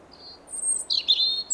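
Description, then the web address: European robin giving a short burst of very high thin whistles followed by a liquid, squeaky warble. "SETE Erithacus rubecula"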